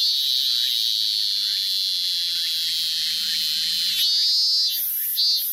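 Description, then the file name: Robust cicada song: a sustained high, piercing drone for about four seconds, breaking into a few short buzzy bursts at the end. "minminzemi"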